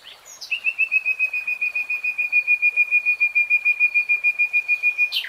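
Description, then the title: Nightingale song: a long, steady run of high whistled notes repeated rapidly for several seconds, with brief sharper notes at the start and end. Continuous real-time singing. "[Tiếng chim hót] REALTIME Nightingale Singing"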